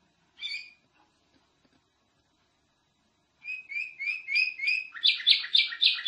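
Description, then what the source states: Nightingale song: one brief note, a pause of nearly three seconds, then a string of chirps building into loud rhythmic buzzy phrases. Masteran recording, used to teach captive songbirds to sing.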